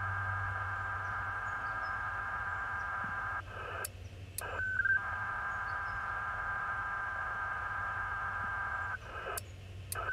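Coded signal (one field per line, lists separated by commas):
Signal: HF data modem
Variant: ARDOP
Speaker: in the clip you're about to see the email wasn't even large enough for the connection to reach top speed it was a simple weather report that I had requested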